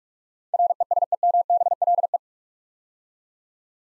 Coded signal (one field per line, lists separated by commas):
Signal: Morse code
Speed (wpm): 44 wpm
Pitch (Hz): 700 Hz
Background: none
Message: RESEMBLE